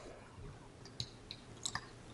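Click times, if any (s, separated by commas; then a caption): 1.0 s, 1.3 s, 1.7 s. With a radio inside, a waterproof pouch is folded closed and clamped, then its plastic clasp is pressed shut. Several short, sharp clicks sound at about 1.0 s, 1.3 s and 1.7 s as the clasp snaps shut and seats, closing the pouch.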